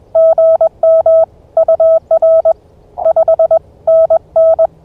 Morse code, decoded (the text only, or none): GM UR 5NN